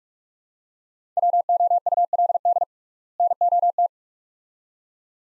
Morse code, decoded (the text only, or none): WOULD NOT